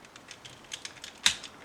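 A folded double-joint side rib panel on a plastic toy is pressed in so its red clip seats in the notched edge of a black clip, which keeps the panel from springing back. Several faint plastic ticks and taps lead up to one sharp, bright click at 1.3 s as the clip seats in place.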